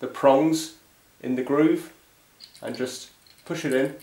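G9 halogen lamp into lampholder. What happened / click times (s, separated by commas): The lamp is being lined up and pushed, not yet seated / none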